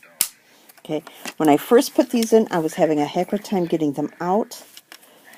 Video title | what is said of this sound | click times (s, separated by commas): HOW-TO - Black Paper & Scoring without a SCORING TOOL | See, and it just snaps right in there, and then it just snaps right out again. | 0.2 s